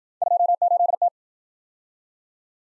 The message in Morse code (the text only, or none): 28T